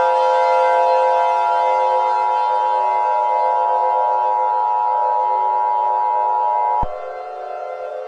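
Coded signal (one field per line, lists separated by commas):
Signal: Emergency Alert System (SAME) tones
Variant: 853 and 960 Hz attention tone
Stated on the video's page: Fictional EAS scenario, remastered.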